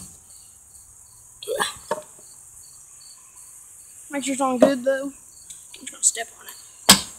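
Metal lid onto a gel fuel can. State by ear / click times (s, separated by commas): seated / 6.9 s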